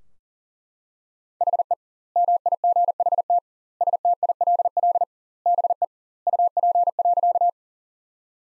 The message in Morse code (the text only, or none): HE MIGHT STILL BE UP.